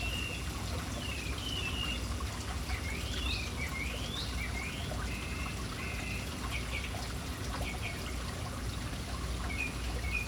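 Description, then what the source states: Birds calling with clear whistled notes and quick rising and falling slurs above the steady rush of fountain water. City birds hanging around an urban fountain, with the fountain's water audible.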